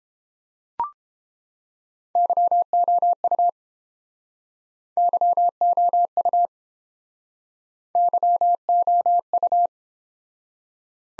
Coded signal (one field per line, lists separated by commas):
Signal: Morse code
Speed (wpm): 29 wpm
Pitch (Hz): 700 Hz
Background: none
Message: YOU YOU YOU